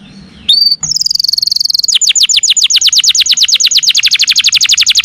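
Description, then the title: Bird song opening with a few high whistled notes, then a long, rapid trill of sharp descending notes. "Kicau Burung"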